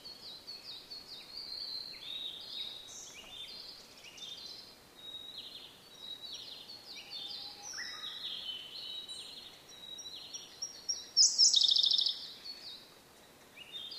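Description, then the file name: Blue-and-white flycatcher song: a busy stream of soft high whistled notes, capped near the end by a loud rapid trilled burst. "oruri"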